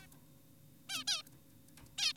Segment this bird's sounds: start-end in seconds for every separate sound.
0.02-0.07, 0.90-1.04, 1.08-1.23, 1.98-2.13